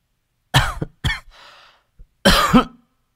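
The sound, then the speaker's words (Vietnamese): A few soft, throaty coughs in short bursts, two close together and then one more after a brief pause, with no talking around them. “Cô Thắm khẽ ho.”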